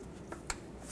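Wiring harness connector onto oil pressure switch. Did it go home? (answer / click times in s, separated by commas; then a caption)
yes / 0.5 s. A plastic wiring harness connector is plugged back onto the newly installed oil pressure switch on the engine of a 1997-2003 Ford F-150. A faint tap at 0.3 s is followed by a sharp, bright click at 0.5 s as the connector snaps into place. The connector is seated.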